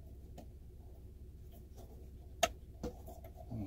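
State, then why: Seated. A sliding rear window relay from a 2012 Ford F150 is plugged back into its socket. Against a low steady background, a single sharp click sounds at 2.4 seconds, quieter than expected, with a few faint ticks around it. The relay is seated in its socket.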